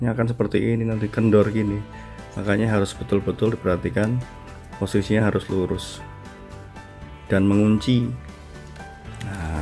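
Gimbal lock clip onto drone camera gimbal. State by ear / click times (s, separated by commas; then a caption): seated / 9.2 s. A plastic gimbal lock clip is pushed straight onto the camera gimbal of a DJI Phantom 3 Standard drone while someone talks over background music. A sharp snap at 9.2 s marks the clip locking into place, seated and confirmed locked and safe.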